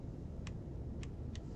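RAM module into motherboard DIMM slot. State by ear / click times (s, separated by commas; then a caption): not seated / none. A RAM module is pressed into a motherboard DIMM slot over low, steady background noise, with three faint, brief ticks at about 0.5, 1.0 and 1.4 seconds. These ticks are not a latching click: the stick is not seated, and nothing has clicked into place yet.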